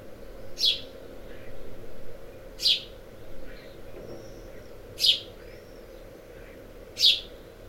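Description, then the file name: House sparrow giving short sharp chirps, one roughly every two seconds, four in all, with fainter softer notes between and a steady low background hum. "Passer domesticus"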